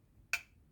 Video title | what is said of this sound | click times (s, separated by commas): Citroën N 86-87-88- 89 e 90 consigli sul montaggio 2CV Charleston edizione DeAgostini in scala 1:8 | Avete sentito adesso il clacche? | 0.3 s